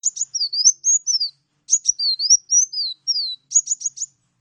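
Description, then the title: Oriental magpie-robin song: phrases of sharp high chips and slurred whistles, rising and falling, in bursts with short pauses between. Bird-training recording for masteran; lively, chatty singing described as gacor; a champion bird. "Kacer Juara Gacor"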